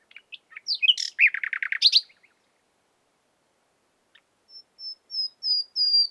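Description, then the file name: Common nightingale song: a rich, rapid chattering phrase, then after a pause a thin, high whistle repeated several times. "Luscinia megarhynchos"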